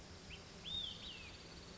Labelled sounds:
Olive-sided Flycatcher (Contopus cooperi)
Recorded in Sonoma County, California

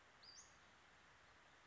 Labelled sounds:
Western Flycatcher (Empidonax difficilis)
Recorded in Sonoma County, California

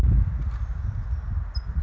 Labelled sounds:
California Towhee (Melozone crissalis)
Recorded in Sonoma County, California

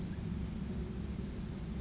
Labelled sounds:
Brown Creeper (Certhia americana)
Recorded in Sonoma County, California

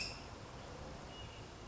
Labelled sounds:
California Towhee (Melozone crissalis)
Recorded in Sonoma County, California

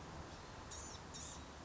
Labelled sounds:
Blue-gray Gnatcatcher (Polioptila caerulea)
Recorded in Sonoma County, California

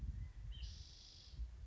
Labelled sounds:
California Quail (Callipepla californica)
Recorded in Sonoma County, California

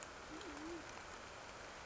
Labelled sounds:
Band-tailed Pigeon (Patagioenas fasciata)
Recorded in Sonoma County, California

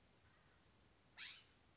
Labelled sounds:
California Scrub-Jay (Aphelocoma californica)
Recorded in Sonoma County, California

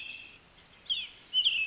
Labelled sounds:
Pacific Wren (Troglodytes pacificus)
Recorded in Sonoma County, California

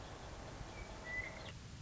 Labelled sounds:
Western Meadowlark (Sturnella neglecta)
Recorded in Sonoma County, California

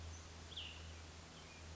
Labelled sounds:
Cassin's Vireo (Vireo cassinii)
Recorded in Sonoma County, California

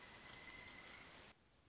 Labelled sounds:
Pileated Woodpecker (Dryocopus pileatus)
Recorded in Sonoma County, California

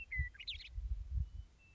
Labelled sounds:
Western Meadowlark (Sturnella neglecta)
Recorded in Sonoma County, California

